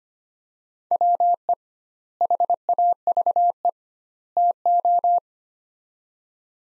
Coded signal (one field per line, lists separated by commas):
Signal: Morse code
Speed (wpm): 25 wpm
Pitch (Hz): 700 Hz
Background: none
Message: WE HAVE TO